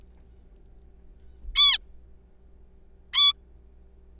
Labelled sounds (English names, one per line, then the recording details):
Zebra Finch
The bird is a juvenile
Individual R3428